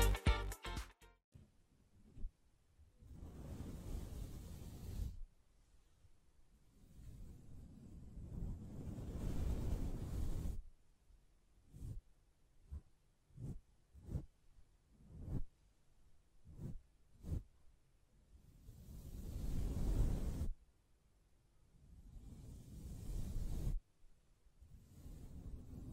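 Hand sounds on a microphone: a burst of sharp taps at the start, then long rough brushing swells from about 1 to 5 seconds, 6 to 10, and 17 to 20. In between, a string of separate soft thumps and taps, roughly one per second, with brief silences.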